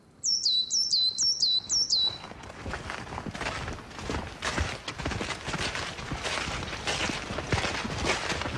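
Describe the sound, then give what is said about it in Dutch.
A coal tit sings a quick run of high, bright two-note phrases repeated about four times, followed by steady rhythmic crunching footsteps of people walking into a forest. “De zwarte mees.”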